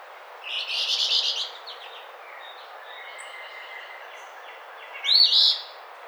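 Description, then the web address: Eastern phoebe giving one burry two-part phrase near the end, after an earlier harsh, buzzy burst of notes. Recorded 28 April 2009. "Eastern Phoebe 2009 04 28"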